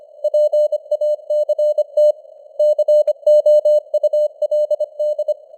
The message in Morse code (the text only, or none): PACT COULD